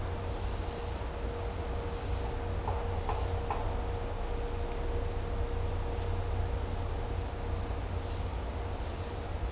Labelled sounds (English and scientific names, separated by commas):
none